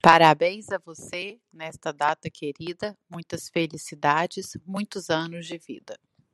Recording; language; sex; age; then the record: short text; Brazilian Portuguese; female; 30 to 39 years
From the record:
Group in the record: control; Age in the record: 36 years